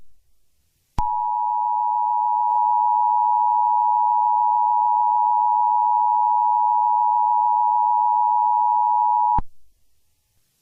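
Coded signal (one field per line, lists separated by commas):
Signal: Emergency Alert System (SAME) tones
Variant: 853 and 960 Hz attention tone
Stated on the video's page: Fictional Among Us-themed EAS scenario, a simulated alert.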